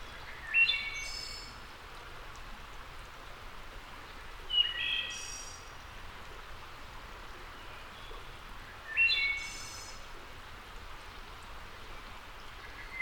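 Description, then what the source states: Wood thrush song: clear whistled phrases repeated about every four seconds, each with a bright, shimmering high trill at the end, steady hiss behind. Labelled as a return.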